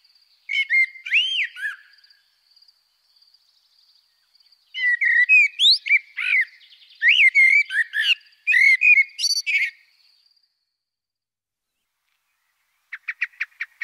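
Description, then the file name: Eurasian blackbird singing: a low fluted phrase, a pause, then a long run of warbled whistles and twittery flourishes, over a thin steady high tone; brief clicking notes close it. 12 September 2025, around 08:38. "Merle Et Merle Au Ralenti Merle noir 20250912083845"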